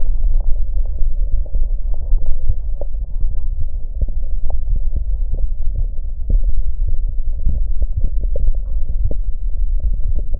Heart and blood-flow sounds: heart sounds by stethoscope; mitral valve (MV); normal heart sounds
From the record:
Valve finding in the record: mitral regurgitation, grade 1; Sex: female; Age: 40 years

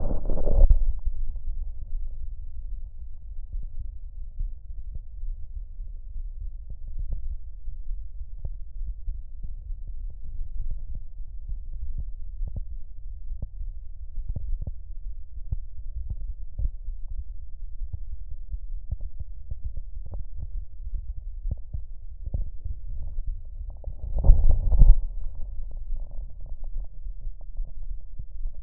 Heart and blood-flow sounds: heart sounds by stethoscope; aortic valve (AV); normal heart sounds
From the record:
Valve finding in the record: normal valve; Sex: male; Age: 47 years

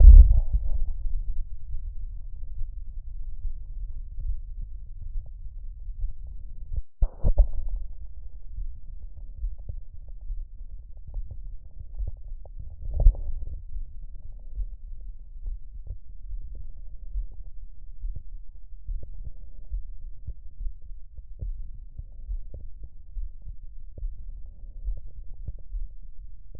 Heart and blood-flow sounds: heart sounds by stethoscope; aortic valve (AV); normal heart sounds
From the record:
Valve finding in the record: normal valve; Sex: male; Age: 78 years

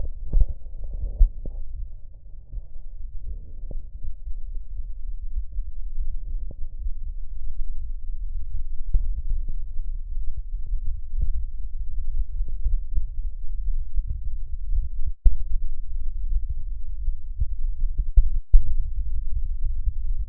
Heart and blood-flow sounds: heart sounds by stethoscope; pulmonary valve (PV); normal heart sounds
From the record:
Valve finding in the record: normal valve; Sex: female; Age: 68 years

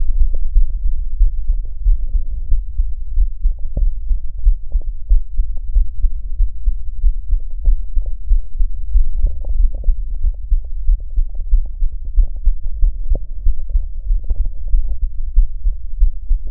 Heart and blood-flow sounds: heart sounds by stethoscope; aortic valve (AV); normal heart sounds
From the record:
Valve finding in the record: normal valve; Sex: female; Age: 47 years

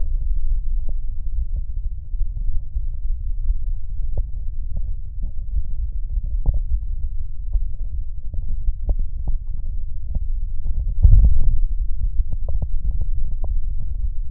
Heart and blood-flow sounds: heart sounds by stethoscope; tricuspid valve (TV); normal heart sounds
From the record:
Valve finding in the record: tricuspid regurgitation, grade 3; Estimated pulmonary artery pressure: 50 mmHg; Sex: male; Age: 85 years

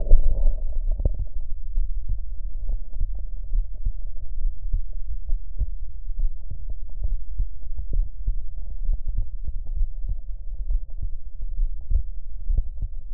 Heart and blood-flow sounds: heart sounds by stethoscope; aortic valve (AV); normal heart sounds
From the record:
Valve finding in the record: normal valve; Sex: female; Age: 40 years

